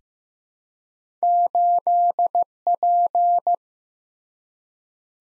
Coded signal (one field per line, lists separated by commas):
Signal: Morse code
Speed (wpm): 15 wpm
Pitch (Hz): 700 Hz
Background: none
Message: 8P